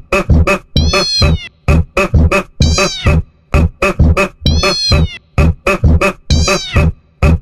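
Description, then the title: Cat meows, long wavering cries returning about every two seconds between quick, evenly spaced short bursts, in a repetitive edited loop. Sound meant to provoke a reaction from a pet cat; saved on a mobile phone. "Coloque esse áudio e veja a reação do seu gato"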